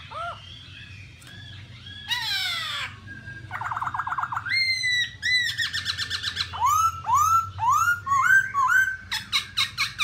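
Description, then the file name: Black-throated laughingthrush mixing harsh descending rasps with clear whistled slurs and quick repeated looping notes. "tieng khuou bac ma hot"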